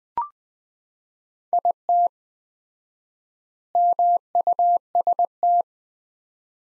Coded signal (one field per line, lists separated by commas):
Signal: Morse code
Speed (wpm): 20 wpm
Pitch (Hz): 700 Hz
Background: none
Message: IT MUST